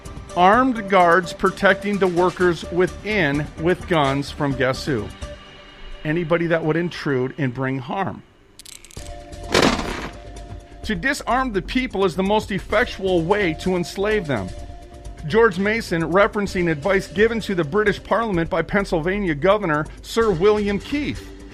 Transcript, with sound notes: Armed guards protecting the workers within with guns from guess who? Anybody that would intrude and bring harm. (gun cocks) (gun shoots) "To disarm the people is the most effectual way to enslave them," George Mason, referencing advice given to the British Parliament by Pennsylvania Governor Sir William Keith.